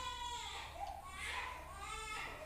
The baby crying in the background.